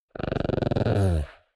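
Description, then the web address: Chihuahua growling, a pulsed rattling growl that ends in a steadier, smoother rumble before fading out. "soundpool geraeusche natur-tiere hunde"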